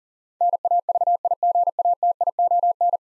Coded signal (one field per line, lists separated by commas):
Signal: Morse code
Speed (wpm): 40 wpm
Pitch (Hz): 700 Hz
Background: none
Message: NAVIGATION